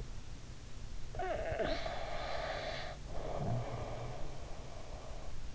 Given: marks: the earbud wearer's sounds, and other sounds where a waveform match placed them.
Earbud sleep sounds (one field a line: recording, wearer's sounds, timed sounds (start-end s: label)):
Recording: sounds in sleep by an in-ear microphone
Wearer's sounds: snoring breath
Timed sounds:
0.78-5.26 s: snoring breath